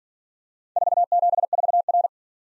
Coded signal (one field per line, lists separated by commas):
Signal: Morse code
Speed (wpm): 47 wpm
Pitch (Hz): 700 Hz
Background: none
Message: 474R